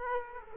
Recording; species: mosquito wingbeat signal from an infrared sensor; Aedes aegypti